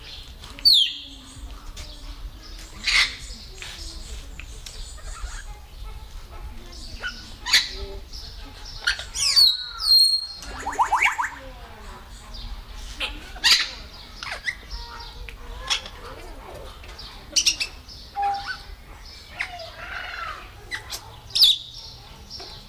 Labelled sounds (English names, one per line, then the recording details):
Grey Parrot call
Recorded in captivity
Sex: group
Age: adult
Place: Tierpark Berlin, Berlin, DE
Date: 1997-06-28 18:00
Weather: 25°C, heiter
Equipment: Sony MD-WM MZ-R3, Sennheiser MKH 416 T, Kopie Uher 4000 Report Monitor
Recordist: Tembrock, Günter